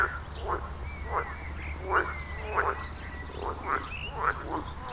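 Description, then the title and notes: Frogs giving rasping croaks, fairly sparse, over a low background hum with faint whistled notes. Frogs at the village pond in Wohlsborn, Germany; recorded with a TASCAM DR-40X. "Wohlsborn, Deutschland - Froschkonzert. Frog concert. Froschkonzert am Dorfteich in Wohlsborn. Aufgenommen mit TASCAM DR-40X"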